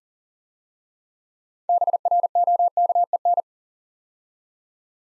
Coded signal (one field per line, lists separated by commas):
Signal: Morse code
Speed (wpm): 40 wpm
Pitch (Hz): 700 Hz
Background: none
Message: BROKEN